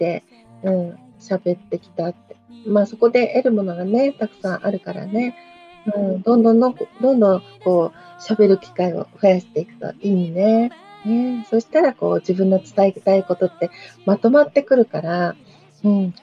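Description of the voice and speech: A woman speaks Japanese in a warm, even voice with brief pauses and one emphatic repeated word, fluent overall.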